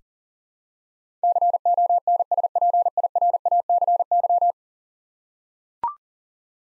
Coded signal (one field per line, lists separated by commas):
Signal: Morse code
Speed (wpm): 40 wpm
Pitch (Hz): 700 Hz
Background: none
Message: CONSPIRACY